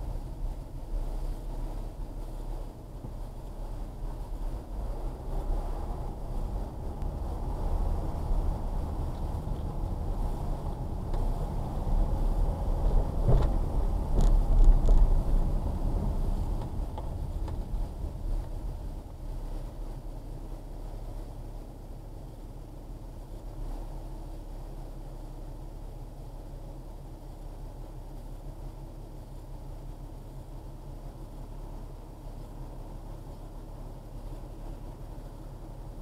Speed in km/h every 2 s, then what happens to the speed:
6, 5, 10, 16, 19, 19, 21, 23, 16, 6, 0, 0, 0, 0, 0, 0, 0, 0.
3-7 speeds up to 19. 7-15 steady at about 19. 15-19 brakes to 0. 19-36 standing.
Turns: 9-15.